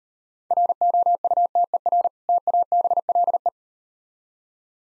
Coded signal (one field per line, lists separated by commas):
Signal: Morse code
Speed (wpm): 38 wpm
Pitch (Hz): 700 Hz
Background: none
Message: ROUTER TABLE